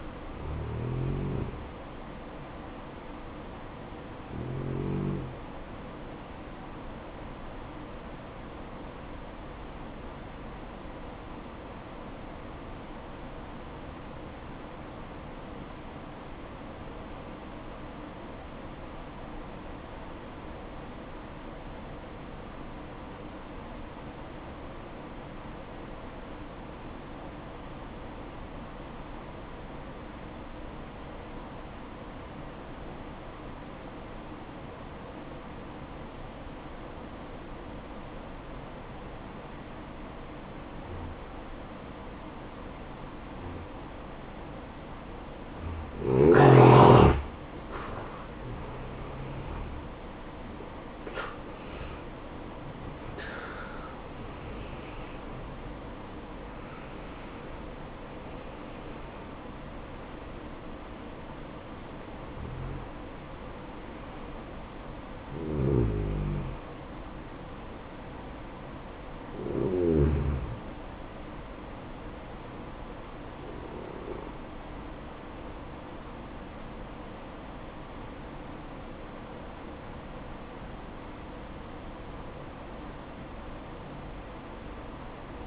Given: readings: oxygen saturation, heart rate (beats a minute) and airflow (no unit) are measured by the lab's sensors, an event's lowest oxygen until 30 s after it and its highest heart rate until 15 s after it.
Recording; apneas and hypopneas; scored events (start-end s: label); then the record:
breathing in sleep by a voice recorder at the bedside; 1
2.00-32.00 s: new sleep stage, N1 (lightest sleep)
10.00-43.90 s: hypopnea (N1, oxygen 96% highest, then 86% lowest, heart rate 57 at the start, 67 highest)
32.00-62.00 s: new sleep stage, N2 (light sleep)
62.00-85.47 s: new sleep stage, N1 (lightest sleep)
From the record:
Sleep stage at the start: N2 (light sleep); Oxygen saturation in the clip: 86 to 96%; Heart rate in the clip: 55 to 72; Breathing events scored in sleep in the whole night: 573 in 9.8 hours asleep